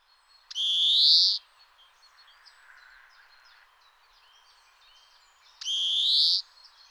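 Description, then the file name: European greenfinch giving two long, nasal, rising wheezes about five seconds apart, with faint twittering notes in between. "Verdier-d Europe"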